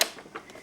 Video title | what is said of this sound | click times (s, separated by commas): Hoover Vortex V2000 Upright Vacuum Cleaner Demonstration | Again, clicks in very neatly. | 0.0 s